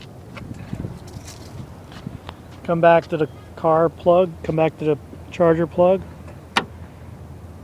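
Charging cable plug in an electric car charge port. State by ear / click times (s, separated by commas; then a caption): released / 6.6 s. Someone talks, then the button on top of a charging cable plug seated in a Model S electric car's charge port is pressed. A sharp click at 6.6 s releases the latch, so the plug is unlatched, the port light turns light blue, and the plug is ready to be pulled out.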